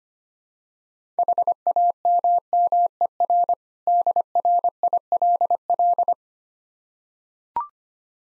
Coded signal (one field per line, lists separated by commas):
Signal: Morse code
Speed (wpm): 25 wpm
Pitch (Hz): 700 Hz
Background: none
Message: HAMMER DRILL